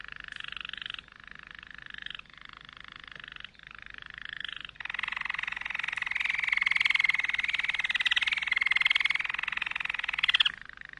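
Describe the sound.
Canary song: several short buzzy trilled phrases, then a long, louder rolling trill lasting several seconds.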